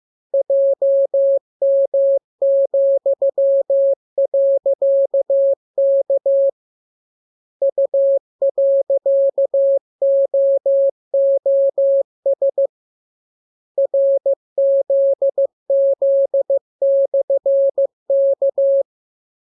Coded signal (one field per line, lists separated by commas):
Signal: Morse code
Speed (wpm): 15 wpm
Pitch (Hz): 550 Hz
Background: none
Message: JM,.K U.OOS RZZ/K